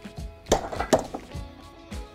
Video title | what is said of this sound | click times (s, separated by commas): How to Assemble a Submersible Pump | and you heard the click there and that means that that impeller is tightened down to torque | 0.5 s